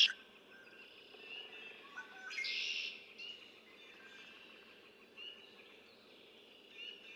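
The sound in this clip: Red-winged blackbird giving a single brief buzzy trill amid soft chirps and steady background hiss.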